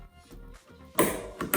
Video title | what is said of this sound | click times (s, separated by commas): £300/$450 Super Low Budget Gaming PC Build Guide 2021 - AMD 3200g (w/ Benchmarks) | there you go and those clicks once you hear those clicks either side | 1.0 s, 1.5 s